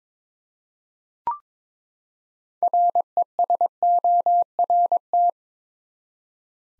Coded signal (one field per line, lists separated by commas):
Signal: Morse code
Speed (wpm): 22 wpm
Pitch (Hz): 700 Hz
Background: none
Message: RESORT